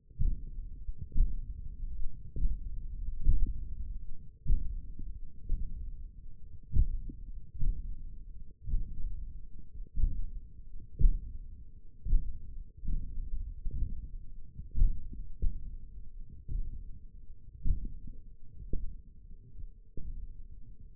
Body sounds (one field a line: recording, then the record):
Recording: forearm muscle sounds (acoustic myography)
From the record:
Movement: hook grip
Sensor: system 1, eight BSWA MPA416 microphones around the upper forearm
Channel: 2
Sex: male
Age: 20 years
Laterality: left